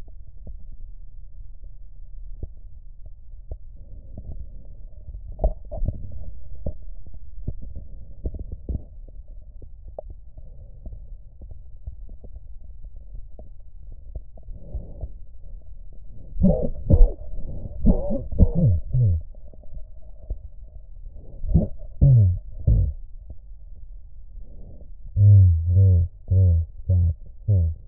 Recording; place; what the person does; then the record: lung sounds by stethoscope; right posterior basal chest; quiet breathing, then cough and speech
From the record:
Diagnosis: none (healthy); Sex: male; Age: 34 years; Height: 174 cm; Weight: 93 kg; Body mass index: 30.7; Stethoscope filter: extended mode